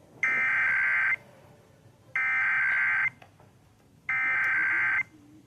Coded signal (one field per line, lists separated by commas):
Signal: Emergency Alert System (SAME) tones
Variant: header bursts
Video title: EAS #781-783 Utah Statewide Monthly Test